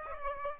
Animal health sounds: mosquito wingbeat signal from an infrared sensor; Aedes aegypti

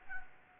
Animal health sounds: mosquito wingbeat signal from an infrared sensor; Anopheles gambiae

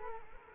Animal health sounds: mosquito wingbeat signal from an infrared sensor; Culex quinquefasciatus

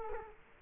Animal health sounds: mosquito wingbeat signal from an infrared sensor; Culex quinquefasciatus

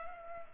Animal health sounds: mosquito wingbeat signal from an infrared sensor; Culex pipiens

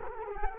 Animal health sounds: mosquito wingbeat signal from an infrared sensor; Culex quinquefasciatus

